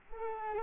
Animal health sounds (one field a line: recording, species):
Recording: mosquito wingbeat signal from an infrared sensor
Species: Culex quinquefasciatus